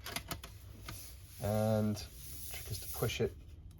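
The aluminium bottom case of a 2014 MacBook Pro laptop is being handled and pushed down onto the chassis so its retaining clips will engage, as part of an SSD replacement. A few short, sharp handling taps sound in the first second while someone talks. The clip ends before the case goes home, so nothing has seated or clicked yet.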